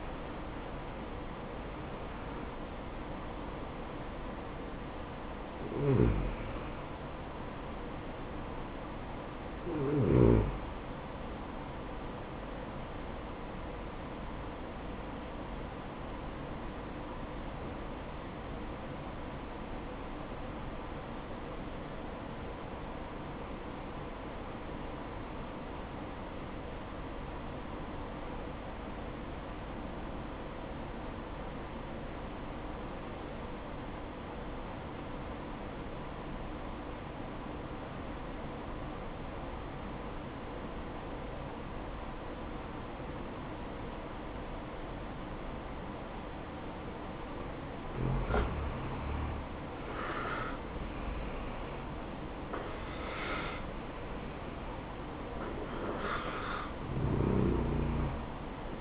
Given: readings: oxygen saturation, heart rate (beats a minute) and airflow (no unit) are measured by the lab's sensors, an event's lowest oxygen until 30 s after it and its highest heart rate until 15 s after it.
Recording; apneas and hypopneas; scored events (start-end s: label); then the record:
breathing in sleep by a voice recorder at the bedside; 1
11.00-41.00 s: new sleep stage, N2 (light sleep)
15.00-49.50 s: obstructive apnea (N2, oxygen 96% highest, then 85% lowest, heart rate 64 at the start, 73 highest)
41.00-58.81 s: new sleep stage, N1 (lightest sleep)
From the record:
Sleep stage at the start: N1 (lightest sleep); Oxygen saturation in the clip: 85 to 96%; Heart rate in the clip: 60 to 81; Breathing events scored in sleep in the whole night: 573 in 9.8 hours asleep